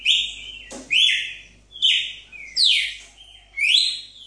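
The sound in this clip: Red-cowled cardinal giving rich, sliding whistles in a short series, with one brief click-like sound early on and a low hum throughout.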